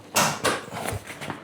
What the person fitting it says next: Va taip užsikabina.